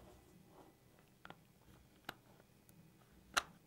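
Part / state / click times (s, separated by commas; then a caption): goggle lens into magnetic goggle frame with locking tab / seated / 3.4 s. A removable lens is slid into a Klim Edge off-road and snow goggle frame, dropped onto its magnets and secured by moving a small locking tab back down. A few light ticks are heard at about 1.3 s, 2.1 s and 2.7 s before the loudest sharp click at 3.4 s, when the lens seats and locks into the magnetic frame.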